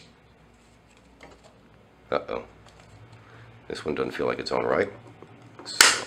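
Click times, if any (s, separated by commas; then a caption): 5.8 s. On a Fed 2 rangefinder film camera with its removable back cover refitted, the metal locking key on the back cover is turned and squeezed after it first doesn't feel right. It snaps into place with a sharp metallic click at 5.8 s, seating the cover. Someone talks during the clip, with a few faint handling sounds before the click.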